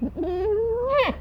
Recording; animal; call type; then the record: contact call of a hoofed animal; goat; low-frequency (closed-mouth) or high-frequency (open-mouth) call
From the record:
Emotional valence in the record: negative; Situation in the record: short social isolation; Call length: 1.21 s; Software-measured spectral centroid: 1330 Hz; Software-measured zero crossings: 970 a second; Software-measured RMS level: -24 dBFS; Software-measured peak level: -11 dBFS